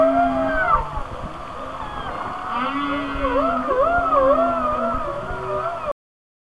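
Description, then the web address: Whale song with warbling, looping whistles rising and falling in quick waves over a low steady moan, ending abruptly. "Natures Songs Whale Songs Whale Songs"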